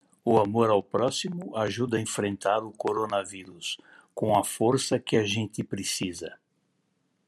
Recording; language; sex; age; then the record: spoken sentence; Brazilian Portuguese; male; 60 to 69 years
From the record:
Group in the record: control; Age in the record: 67 years